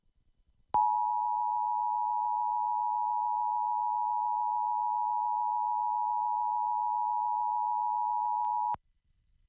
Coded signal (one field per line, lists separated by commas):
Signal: Emergency Alert System (SAME) tones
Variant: 853 and 960 Hz attention tone